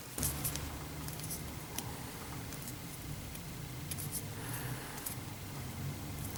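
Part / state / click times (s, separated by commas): plastic dial piece into maneuver dial assembly / not seated / none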